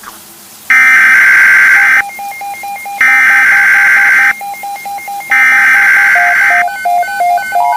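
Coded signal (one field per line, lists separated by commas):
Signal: Emergency Alert System (SAME) tones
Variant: header bursts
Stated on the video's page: Fictional virus-outbreak EAS scenario with mock alerts, not a real broadcast.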